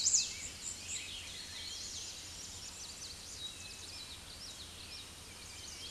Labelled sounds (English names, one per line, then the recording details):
Common Yellowthroat song
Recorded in a Pennsylvania forest on 16 May 2024 at 07:07
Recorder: AudioMoth, point MSD-1679
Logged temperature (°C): 16.1 °C
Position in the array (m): 51 m, 156 m